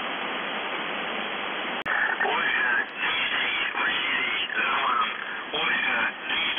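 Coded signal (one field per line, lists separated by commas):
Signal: numbers station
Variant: UVB-76, Russian voice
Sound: static hiss, a click, then a male voice speaking through noisy shortwave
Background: radio static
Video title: The Buzzer/UVB-76(4625Khz) April 12, 2021 08:03UTC Voice message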